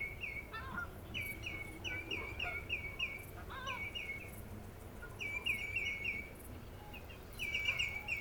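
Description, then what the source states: Common greenshank flight calls, ringing downslurred notes in runs of several, repeated in bursts over low background noise. Two or three birds calling while taking off for migration.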